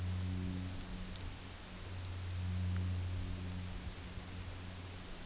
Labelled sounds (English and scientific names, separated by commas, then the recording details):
none
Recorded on Arctic tundra, site UTQI-8, on 15 June 2019
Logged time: 22:00